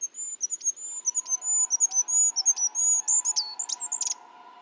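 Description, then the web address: Bird sounding a steady run of thin, very high whistles with downward ticks, ending in a scratchy flourish, over a steady low whine in the background. "Bird Only"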